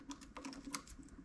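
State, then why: Seated. A lock cylinder is reinserted, locking tab facing the gas cap, into the closed anti-siphon locking clamshell on a Rotopax / Tark II fuel cap. A series of light plastic taps and rattles is heard, with the sharpest, loudest click at 0.8 s as the cylinder clicks home and seats in place.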